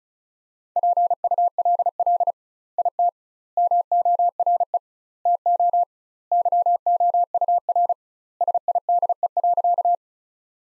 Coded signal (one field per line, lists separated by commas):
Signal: Morse code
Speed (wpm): 34 wpm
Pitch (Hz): 700 Hz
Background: none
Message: PULL IT MORE TO YOUR SIDE.